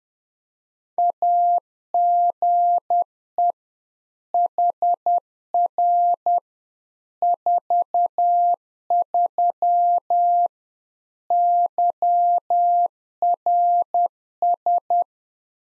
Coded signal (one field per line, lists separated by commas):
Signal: Morse code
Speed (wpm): 10 wpm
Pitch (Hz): 700 Hz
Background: none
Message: AGE HR 43 YRS